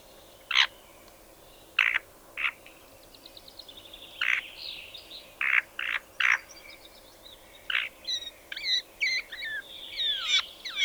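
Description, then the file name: Spotted nutcracker song: harsh, scratchy notes spaced irregularly at first, then quickening into a varied medley of squeaks and buzzy, chattering phrases. "Tannenhäher Gesang"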